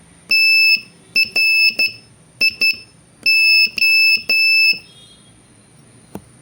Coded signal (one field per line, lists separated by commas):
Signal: Morse code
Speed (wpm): 12 wpm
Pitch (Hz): 2650 Hz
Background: none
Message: TRIO